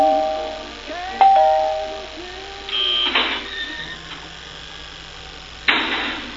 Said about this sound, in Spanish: Ok, está sonando el timbre